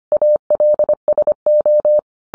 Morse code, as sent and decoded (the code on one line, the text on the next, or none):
.- .-.. ... ---
ALSO